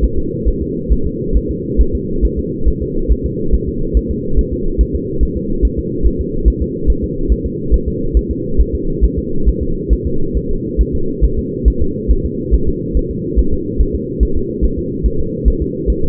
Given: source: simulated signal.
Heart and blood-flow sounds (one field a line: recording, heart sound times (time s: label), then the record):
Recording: fetal heart sounds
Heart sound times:
0.04 s: S1
0.19 s: S2
0.48 s: S1
0.62 s: S2
0.92 s: S1
1.07 s: S2
1.37 s: S1
1.51 s: S2
1.81 s: S1
1.95 s: S2
2.25 s: S1
2.39 s: S2
2.68 s: S1
2.82 s: S2
3.12 s: S1
3.26 s: S2
3.54 s: S1
3.69 s: S2
3.97 s: S1
4.11 s: S2
4.39 s: S1
4.53 s: S2
4.81 s: S1
4.95 s: S2
5.23 s: S1
5.37 s: S2
5.65 s: S1
5.79 s: S2
6.06 s: S1
6.21 s: S2
6.48 s: S1
6.62 s: S2
6.90 s: S1
7.04 s: S2
7.32 s: S1
7.46 s: S2
7.74 s: S1
7.88 s: S2
8.17 s: S1
8.31 s: S2
8.60 s: S1
8.75 s: S2
9.04 s: S1
9.19 s: S2
9.49 s: S1
9.63 s: S2
9.93 s: S1
10.07 s: S2
10.37 s: S1
10.51 s: S2
10.81 s: S1
10.95 s: S2
11.25 s: S1
11.39 s: S2
11.68 s: S1
11.82 s: S2
12.11 s: S1
12.25 s: S2
12.54 s: S1
12.69 s: S2
12.97 s: S1
13.11 s: S2
13.39 s: S1
13.53 s: S2
13.81 s: S1
13.95 s: S2
14.23 s: S1
14.37 s: S2
14.64 s: S1
14.79 s: S2
15.06 s: S1
15.20 s: S2
15.48 s: S1
15.62 s: S2
15.90 s: S1
16.04 s: S2
From the record:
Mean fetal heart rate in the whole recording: 140 bpm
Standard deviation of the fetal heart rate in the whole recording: 2 bpm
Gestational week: 34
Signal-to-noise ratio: -8.1 dB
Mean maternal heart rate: 72 bpm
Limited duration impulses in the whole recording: absent